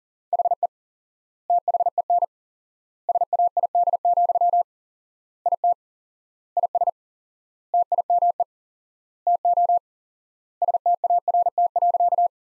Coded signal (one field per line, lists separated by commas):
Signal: Morse code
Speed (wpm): 37 wpm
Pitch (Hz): 700 Hz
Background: none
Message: HE THEN SAID, IT IS TIME TO START.